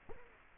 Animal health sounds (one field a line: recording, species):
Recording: mosquito wingbeat signal from an infrared sensor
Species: Culex quinquefasciatus